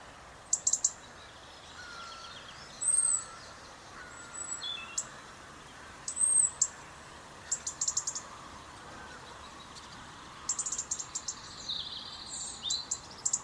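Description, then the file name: European robin calls: scattered high ticks and several thin, slightly arching high whistles spread throughout, with faint lower bird notes in the background. "Erithacus rubecula"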